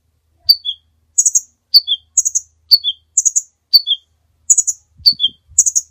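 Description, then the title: Bird song in a repeating pattern: a falling two-note chirp followed by a buzzy triple burst, cycling about once a second. Master recording of birdsong, used for training songbirds. "Master Burung Jos"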